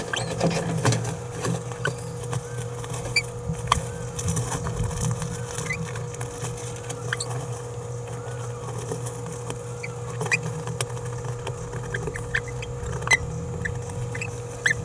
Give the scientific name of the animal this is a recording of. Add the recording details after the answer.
Forpus passerinus. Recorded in a nest box in Venezuela. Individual 18B17A4